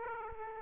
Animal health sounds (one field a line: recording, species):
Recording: mosquito wingbeat signal from an infrared sensor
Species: Aedes aegypti